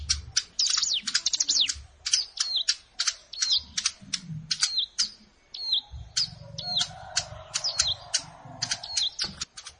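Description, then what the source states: Plain prinia song: fast runs of high, sharp chirps and ticks, some notes slurred downward, continuing almost without pause, with soft low background noise. Recorded in a rice field (sawah).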